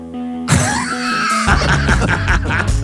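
A sudden loud, harsh throat-clearing burst from an adult male news anchor, like a burp and vomit together, then rough guttural rasping over a faint background hum.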